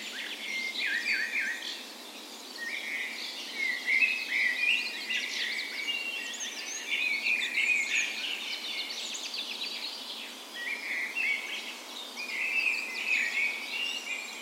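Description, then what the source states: Many birds in a dawn chorus, busy overlapping trills, chirps and warbles filling the whole stretch without pause. Spring dawn chorus in a park west in Bergen, Norway, morning of 17 May, Norway's National Day; Sony PCM A10 recorder with LOM micro Usi mics as tree ears.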